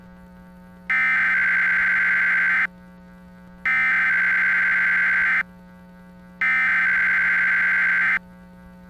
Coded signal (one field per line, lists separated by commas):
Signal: Emergency Alert System (SAME) tones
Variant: header bursts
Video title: Temper Tantrum (EAS Scenario)